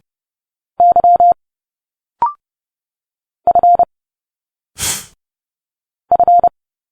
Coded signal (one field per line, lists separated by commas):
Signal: Morse code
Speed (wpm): 30 wpm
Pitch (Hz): 700 Hz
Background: none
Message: Y F F